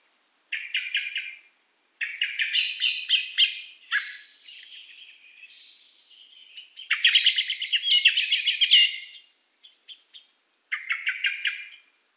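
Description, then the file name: Common blackbird chattering calls: rapid bursts of harsh, clipped notes in several runs, some short and some long, with quieter scratchy notes and a few thin high notes between. "Turdus merula"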